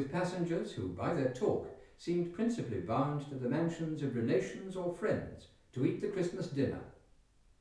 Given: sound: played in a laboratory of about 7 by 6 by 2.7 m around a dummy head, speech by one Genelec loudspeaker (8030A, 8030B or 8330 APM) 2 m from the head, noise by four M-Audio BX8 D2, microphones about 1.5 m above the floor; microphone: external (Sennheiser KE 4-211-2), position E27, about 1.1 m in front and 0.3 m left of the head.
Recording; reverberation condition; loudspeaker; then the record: male speech in English; medium; 150 degrees to the right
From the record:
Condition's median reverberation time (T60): about 510 ms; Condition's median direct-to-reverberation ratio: about -0.5 dB